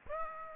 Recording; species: mosquito wingbeat signal from an infrared sensor; Aedes aegypti